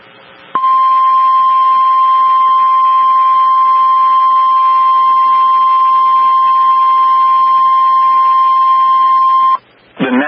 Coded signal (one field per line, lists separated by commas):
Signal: Emergency Alert System (SAME) tones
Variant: 1050 Hz attention tone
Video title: Severe Thunderstorm Warning (Bradley, Polk, Hamilton Counties TN) (8/17/24) [EAS #6]